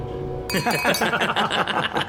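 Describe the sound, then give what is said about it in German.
Glasses clink in a toast among men celebrating in a hotel restaurant: a bright clink rings out with a lingering high tone, followed by overlapping voices and soft chuckling as several people carry on together. “Also, Prost, meine Herren.”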